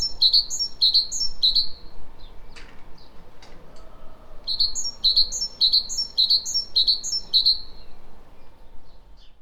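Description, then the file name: Great tit calling in a rapid series of bright, high two-note phrases: two bursts of repeated phrases separated by a gap with a few faint clicks. "Parus major"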